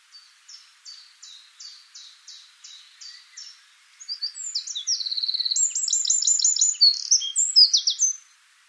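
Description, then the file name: Eurasian wren song: high, clipped notes repeated about twice a second for four seconds, then a loud, rapid burst of shrill trills and twittering phrases. "Troglodytes troglodytes"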